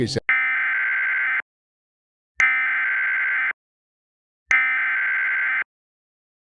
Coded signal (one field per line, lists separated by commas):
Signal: Emergency Alert System (SAME) tones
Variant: header bursts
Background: speech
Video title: EAS Mock: Jschatt’s Florida Weather.